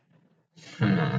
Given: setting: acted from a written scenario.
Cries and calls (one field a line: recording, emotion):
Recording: vocal sound without words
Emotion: pride